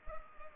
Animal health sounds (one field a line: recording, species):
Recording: mosquito wingbeat signal from an infrared sensor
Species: Culex pipiens